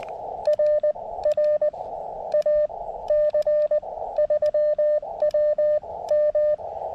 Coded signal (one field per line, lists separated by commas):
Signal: Morse code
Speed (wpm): 19 wpm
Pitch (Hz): 600 Hz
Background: radio noise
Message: RR AC3WM